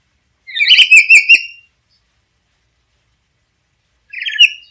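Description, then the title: Black-capped lory calls: a burst of four harsh, buzzy whistled notes around one second in, then a single shorter squeaky note near the end, silence between. "Nuri kepala hitam"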